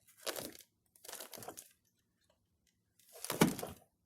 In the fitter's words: Oh yeah, there was the click.